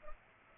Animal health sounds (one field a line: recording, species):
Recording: mosquito wingbeat signal from an infrared sensor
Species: Aedes aegypti